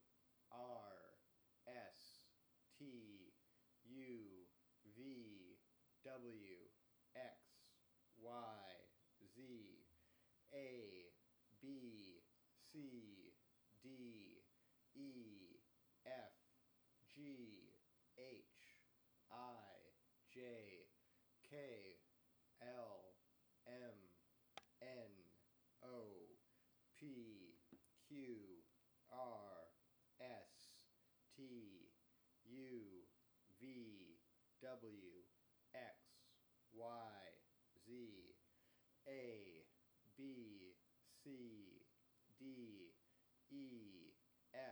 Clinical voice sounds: letters of the alphabet, spoken; free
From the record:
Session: first day, before the bite bar

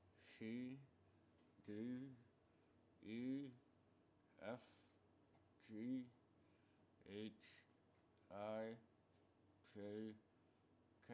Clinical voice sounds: letters of the alphabet, spoken; constrained by a bite bar between the teeth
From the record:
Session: first day, right after the free take

